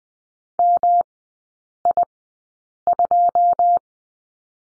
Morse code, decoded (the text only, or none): MI2